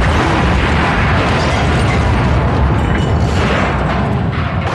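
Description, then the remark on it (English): A loud, sustained explosion sound effect played on The Tom Leykis Show radio program, a deep rumbling blast with crackling, debris-like texture that stays dense and powerful for several seconds without fading. “Blow me up old school.”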